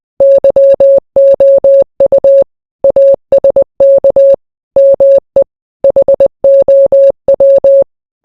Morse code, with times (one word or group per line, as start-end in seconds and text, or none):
0.2-2.4 YOU
2.8-4.3 ASK
4.8-5.4 ME
5.8-7.8 HOW